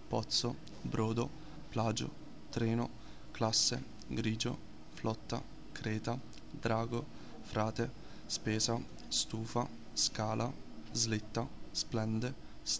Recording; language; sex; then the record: read list of words; Italian; male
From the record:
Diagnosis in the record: healthy control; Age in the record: 19 years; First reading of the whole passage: 38 s, 13.5 characters per second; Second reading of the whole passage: 40 s, 12.9 characters per second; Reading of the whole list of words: 43 s, 6.6 characters per second